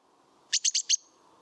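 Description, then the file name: Great tit call: four harsh, buzzy notes in rapid succession, lasting about half a second, over a low background hum. "Parus major"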